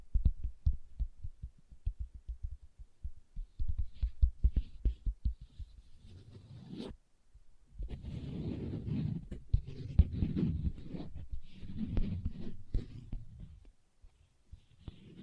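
Leather is tapped quickly with soft, low thumps, steady and dense through the first six seconds. After a short silence near seven seconds, rough scratching and rubbing takes over, fuller and brighter, in long uneven strokes with brief pauses until the end.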